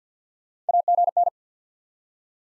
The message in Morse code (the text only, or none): AGN